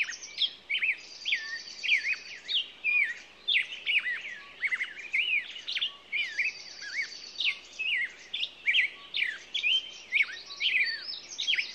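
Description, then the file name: Songbirds in a busy chorus: steady quick whistled slurs and overlapping high buzzy trills, continuing without pause. Morning songbirds. "Echoes Of Nature-Morning Songbirds"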